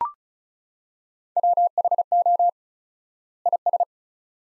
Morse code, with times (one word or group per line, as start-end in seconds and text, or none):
1.4-2.5 WHO
3.5-3.8 IS